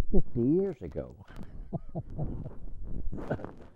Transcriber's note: laughs